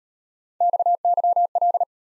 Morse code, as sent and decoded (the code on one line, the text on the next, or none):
-..- -.-- .-..
XYL